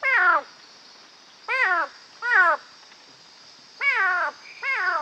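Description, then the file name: Knudsen's thin-toed frog with five brief, downward-sweeping harmonic calls delivered at uneven intervals, accompanied by a steady high-pitched insect hum. "Leptodactylus knudseni CM PG"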